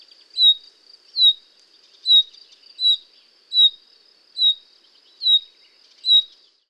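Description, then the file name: Common chaffinch repeating a brief, high, falling call note about every 0.8 seconds against a constant high-pitched buzzing hum. "Fringilla coelebs"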